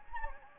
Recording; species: mosquito wingbeat signal from an infrared sensor; Anopheles gambiae